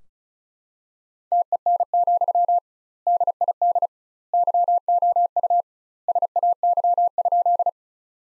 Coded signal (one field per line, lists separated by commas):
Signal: Morse code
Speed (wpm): 34 wpm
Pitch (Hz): 700 Hz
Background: none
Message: TEN, DID YOU SAY?